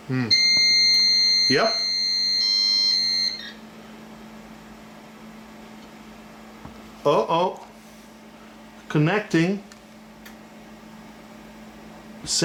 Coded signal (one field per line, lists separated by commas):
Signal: dial-up modem handshake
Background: speech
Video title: How to Create Your Own Dial-Up ISP Over Ethernet (LAN) Server - The Computer Archive